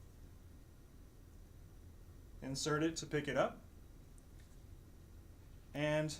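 A green plastic retention insert is picked up with a tool to be delivered into the titanium housing of a denture during a Novaloc denture conversion. Someone talks over a quiet background. The clip ends before the part goes home, and nothing has seated or clicked yet.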